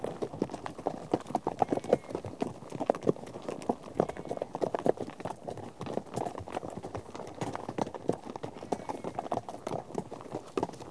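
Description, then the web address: Horse: constant clopping of many horse hooves, a tight and unbroken rhythm of overlapping strikes throughout. A herd of horses out on a trek. "BBC Sound Effects Library - Horses Herd of horses out on trek"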